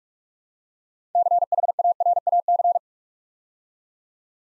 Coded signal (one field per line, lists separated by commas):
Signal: Morse code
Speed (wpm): 44 wpm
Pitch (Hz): 700 Hz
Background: none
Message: CHARAC